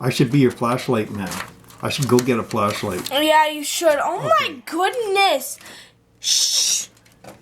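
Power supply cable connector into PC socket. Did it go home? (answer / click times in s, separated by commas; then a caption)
no / none. A power supply cable connector is pushed into a PC socket while working in the dark. Someone talks over most of the clip, followed by a brief burst of hiss around 6.2–6.9 s and a faint short sound near 7.1 s. The connector has not clicked into place yet.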